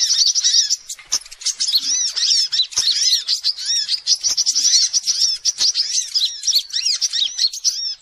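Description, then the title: Spiderhunter song delivered as a rapid, unbroken stream of bright, bouncing chirps, with a few sharp clicks cutting through. Song used as masteran training material. "Sogok Ontong Labaik"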